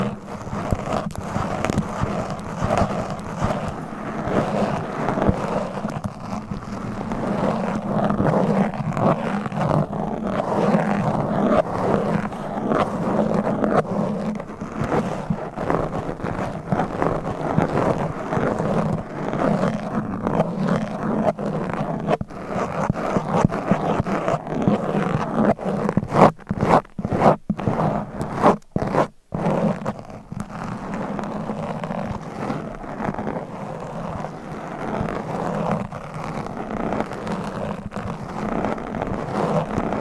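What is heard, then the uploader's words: Mic scratching with long nails runs as a dense, steady rasp throughout, with a low rumble underneath and a brighter scratchy layer on top. Around 26 to 29 seconds the sound briefly cuts out several times in quick dropouts, then resumes at the same even pace. ASMR Mic Scratching - Brain Scratching Hypnotic Asmr No Talking for Sleep with Long Nails.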